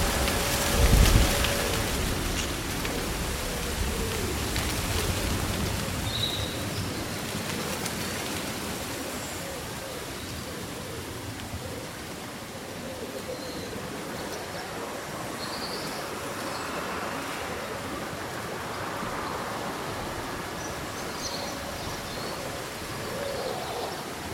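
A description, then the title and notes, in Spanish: Summer wind moves through leaves in a steady, dense rustle that is strongest in the first few seconds, with a brief loud gust near the one-second mark. Short bird calls appear now and then, around six, seventeen and twenty-one seconds, over a low rumble. Un bosque bañado por el sol.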